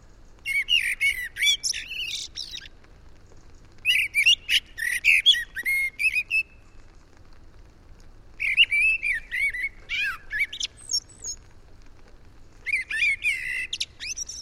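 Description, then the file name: Common blackbird singing in four separate warbled phrases, each ending in higher squeaky twittering, with short pauses between them; quiet background. "Turdus merula"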